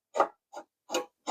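A tiny screw is driven into a vehicle light housing on a 2008 Chevrolet Express 1500, producing four short, broadband grinding bursts with sharp clicks at 0.2 s and 0.95 s. The small screw strips out.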